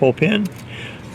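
On a 2021-2023 Ford Mustang Mach-E GT, the front license plate bracket is being slid onto its receiver on the car's front bumper and its pull pin lined up. Someone talks briefly over the first half second, followed by quiet, low handling noise. Nothing has seated or clicked yet.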